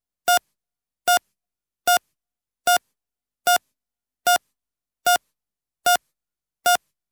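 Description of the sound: Steady heart monitor beeping in a regular rhythm, about 75 short tonal beeps per minute.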